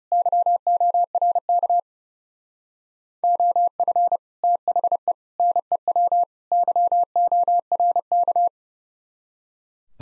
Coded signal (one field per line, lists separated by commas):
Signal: Morse code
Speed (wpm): 36 wpm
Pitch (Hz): 700 Hz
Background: none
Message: YORK OF THE NEW YORK